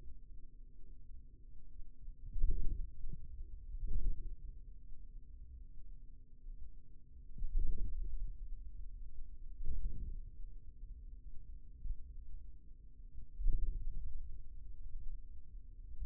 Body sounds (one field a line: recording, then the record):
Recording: forearm muscle sounds (acoustic myography)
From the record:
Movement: wrist extension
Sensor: system 2, bracelet of six BSWA MPA416 microphones around the upper forearm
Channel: 4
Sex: male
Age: 22 years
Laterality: right